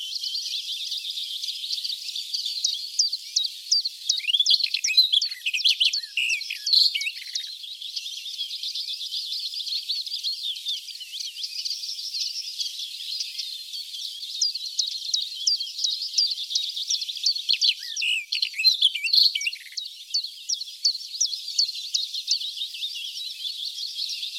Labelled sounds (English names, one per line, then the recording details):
Barred Warbler song
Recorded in the wild
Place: Ahlenmoor, Schleswig-Holstein, DE
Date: 1980-05-29
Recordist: Schwarz, Dieter
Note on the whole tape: Song